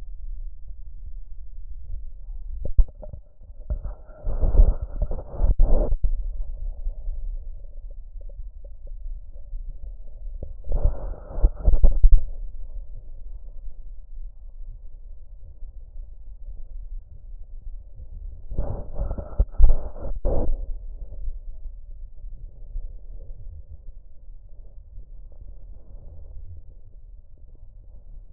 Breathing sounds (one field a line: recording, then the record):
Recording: lung sounds by stethoscope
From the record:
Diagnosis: emphysema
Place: left posterior upper chest